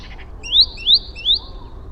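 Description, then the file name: Great tit calls: three clear, high, upward-sweeping notes given in quick, even succession about a third of a second apart, over faint low background rumble. "Parus major"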